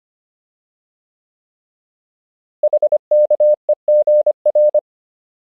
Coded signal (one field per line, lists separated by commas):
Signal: Morse code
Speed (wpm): 25 wpm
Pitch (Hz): 600 Hz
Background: none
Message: HKEGR